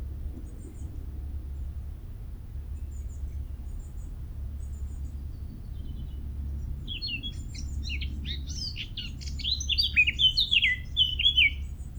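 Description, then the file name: Eurasian blackcap song: after several quiet seconds with faint high chips, a rapid warble of varied high notes bursts out over a steady low rumble. "Sylvia atricapilla"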